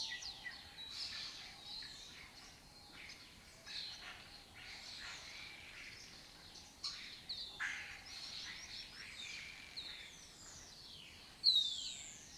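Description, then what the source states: Lesser kestrels giving repeated scratchy, buzzy chatter from several birds, ending with a sudden sharp, loud squeal. Migratory colony occupying an abandoned building complex in Doñana, southern Europe, its breeding area; the species forages in West Africa.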